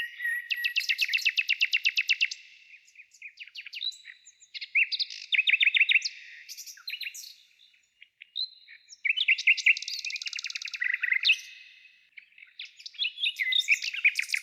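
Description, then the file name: Nightingale song: rapid repeated notes and trills in loud bursts separated by short pauses, with a quiet background. "zvuki-prirodi solovei"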